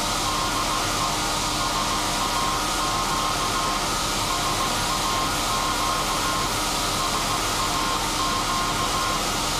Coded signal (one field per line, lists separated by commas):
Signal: Morse code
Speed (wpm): 16 wpm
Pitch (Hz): 1060 Hz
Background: none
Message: DE SAQ SAQ SAQ